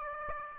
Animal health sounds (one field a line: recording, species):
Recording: mosquito wingbeat signal from an infrared sensor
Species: Aedes aegypti